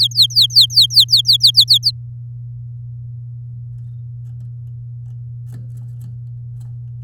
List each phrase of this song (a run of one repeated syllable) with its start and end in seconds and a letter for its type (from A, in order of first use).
0.00-1.91 A